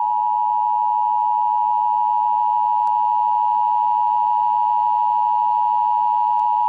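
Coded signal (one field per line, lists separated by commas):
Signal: Emergency Alert System (SAME) tones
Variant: 853 and 960 Hz attention tone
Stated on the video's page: Simulated fictional Emergency Alert System scenario.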